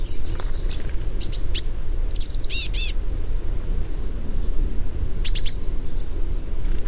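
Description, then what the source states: Chestnut-backed chickadee calling: a busy run of high, thin chips and short descending notes over constant low background noise. Recorded in 2012 in a wilderness area on the Northern California coast.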